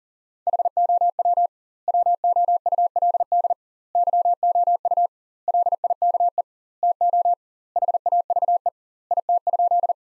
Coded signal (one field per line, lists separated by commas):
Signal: Morse code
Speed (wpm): 40 wpm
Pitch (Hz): 700 Hz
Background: none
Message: HOW WOULD YOU LIKE TO HAVE IT?